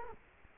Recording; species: mosquito wingbeat signal from an infrared sensor; Culex quinquefasciatus